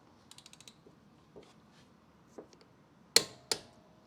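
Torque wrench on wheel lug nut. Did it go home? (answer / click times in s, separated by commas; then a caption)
yes / 3.2 s, 3.5 s. A click torque wrench set to 90 ft-lb tightens the next lug nut in a star pattern on a Toyota Prius wheel, with a run of quick, light ratcheting ticks near the start. Two sharp, loud clicks sound at 3.2 s and 3.5 s as the wrench reaches its set torque, confirming the nut is tightened to 90 ft-lb.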